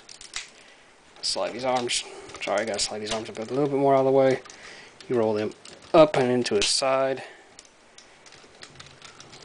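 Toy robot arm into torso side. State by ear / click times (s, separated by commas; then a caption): seated / 8.6 s. Someone talks while the plastic arms of an MP-01 Optimus Prime transforming robot toy are slid up out of the way, then rolled up and into the sides of the torso, with light handling taps and rustles around the speech. After the talking stops, a small sharp click at 8.6 s marks the arm joint locking into place in the torso side, followed by a few faint ticks, and the arm is seated.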